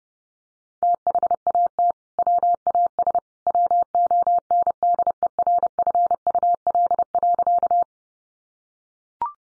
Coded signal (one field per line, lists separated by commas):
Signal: Morse code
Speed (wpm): 30 wpm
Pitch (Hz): 700 Hz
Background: none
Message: THAT WAS WONDERFUL.